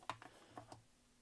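A press-fit plastic cover, held on by pressure alone with no screws fitted, is pulled off an emergency-light housing reused as a test bench to show the wiring inside. A sharp pop at 0.1 s is followed by smaller ticks at about 0.2, 0.6 and 0.7 s as the cover comes free. The cover is released.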